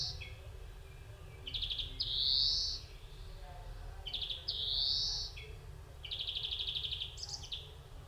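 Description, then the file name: European greenfinch song: brief trills each followed by a drawn-out buzzy wheeze, twice, then a longer trill with a few short notes. "Chloris chloris"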